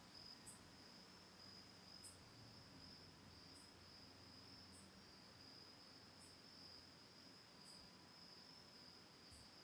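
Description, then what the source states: Crickets sustain a thin, high continuous trill, with short bright pulses above it recurring at regular intervals of about one and a half seconds. Autumn night, recorded October 10, 2020 from a lakeside home on Cayuga Lake, Ithaca, New York.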